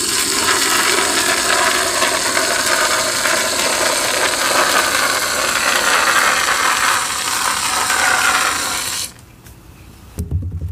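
Dense crackling hiss of foam and paste being worked continues steadily for nine seconds, then cuts to near silence with a brief bump.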